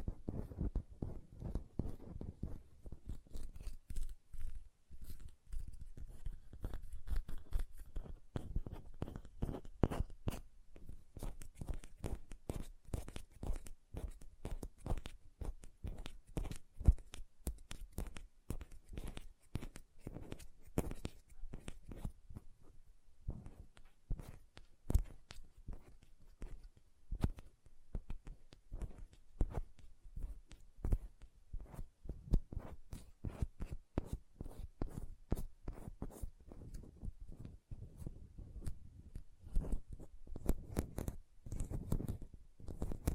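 Hand sounds with nail tapping: dense, rapid clicks and taps sound continuously for the whole stretch, crisp and bright, with soft rubbing underneath.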